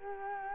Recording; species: mosquito wingbeat signal from an infrared sensor; Culex quinquefasciatus